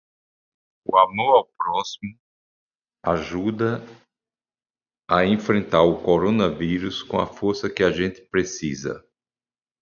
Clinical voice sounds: spoken sentence; Brazilian Portuguese; male; 60 to 69 years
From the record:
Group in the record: control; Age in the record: 64 years

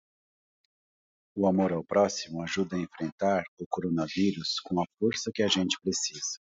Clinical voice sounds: spoken sentence; Brazilian Portuguese; male; 40 to 49 years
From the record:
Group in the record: control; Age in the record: 41 years

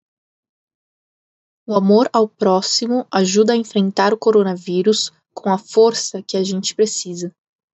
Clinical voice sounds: spoken sentence; Brazilian Portuguese; female; 20 to 29 years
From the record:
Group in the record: control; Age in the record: 27 years

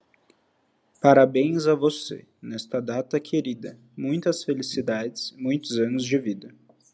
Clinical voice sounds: short text; Brazilian Portuguese; male; 20 to 29 years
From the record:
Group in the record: control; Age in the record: 29 years

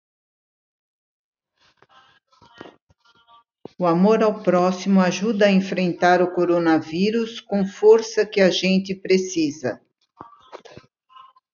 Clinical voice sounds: spoken sentence; Brazilian Portuguese; female; 70 to 79 years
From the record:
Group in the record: control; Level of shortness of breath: 0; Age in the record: 72 years

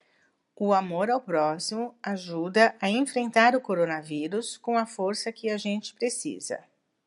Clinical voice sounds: spoken sentence; Brazilian Portuguese; female; 50 to 59 years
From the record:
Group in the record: control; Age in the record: 53 years

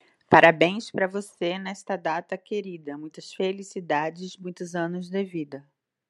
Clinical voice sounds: short text; Brazilian Portuguese; female; 40 to 49 years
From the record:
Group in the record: control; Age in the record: 48 years

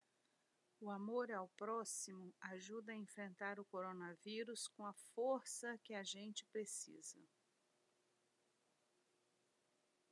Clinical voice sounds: spoken sentence; Brazilian Portuguese; female; 50 to 59 years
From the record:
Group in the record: control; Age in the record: 56 years

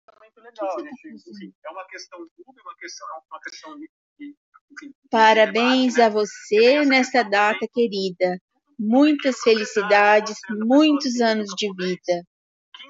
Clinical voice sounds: short text; Brazilian Portuguese; female; 50 to 59 years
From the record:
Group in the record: control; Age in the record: 59 years

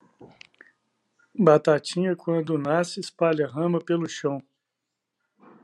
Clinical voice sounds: short text; Brazilian Portuguese; male; 40 to 49 years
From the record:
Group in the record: control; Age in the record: 45 years

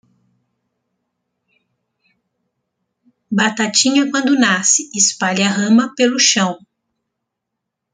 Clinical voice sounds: short text; Brazilian Portuguese; female; 50 to 59 years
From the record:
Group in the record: control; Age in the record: 57 years

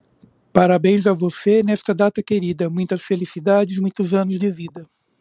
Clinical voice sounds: short text; Brazilian Portuguese; male; 50 to 59 years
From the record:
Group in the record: control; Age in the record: 55 years

